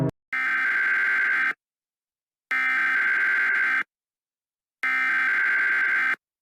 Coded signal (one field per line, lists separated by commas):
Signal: Emergency Alert System (SAME) tones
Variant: header bursts